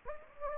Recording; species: mosquito wingbeat signal from an infrared sensor; Anopheles gambiae